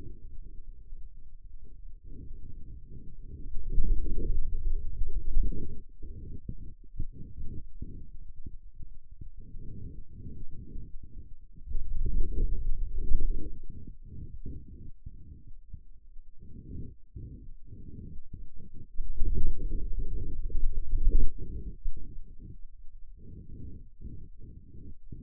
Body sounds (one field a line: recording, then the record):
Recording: forearm muscle sounds (acoustic myography)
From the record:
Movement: wrist flexion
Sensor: system 2, bracelet of six BSWA MPA416 microphones around the upper forearm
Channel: 6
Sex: male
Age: 22 years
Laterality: right